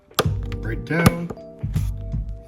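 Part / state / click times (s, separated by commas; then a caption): plastic retainer going into the engine cover/trim mount / seated / 0.2 s. During reassembly after a spark plug change on a BMW M240i with the B58 engine (F chassis, shared with the 340i/440i), a plastic trim retainer is fed through its hole and pushed straight down into the engine cover mount. One strong thunk at 0.2 s marks it seating securely in place, while someone talks over background music.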